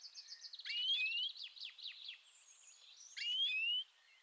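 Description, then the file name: European greenfinch giving a rapid trill followed by rising whistled notes and chattering twitters, then another loud rising phrase near the end. "Chloris chloris"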